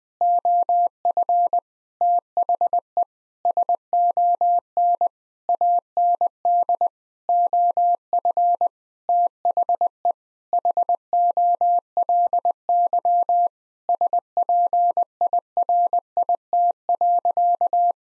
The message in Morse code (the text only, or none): OF THE SON AND OF THE HOLY SPIRIT.